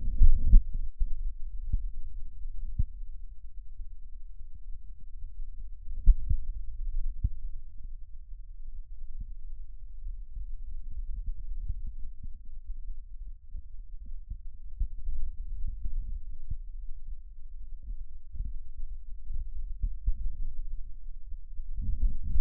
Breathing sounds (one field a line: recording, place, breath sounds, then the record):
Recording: lung sounds by stethoscope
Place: left posterior middle chest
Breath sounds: expiratory wheeze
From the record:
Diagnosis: asthma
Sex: male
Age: 40 years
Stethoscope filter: bell mode, 20 to 200 Hz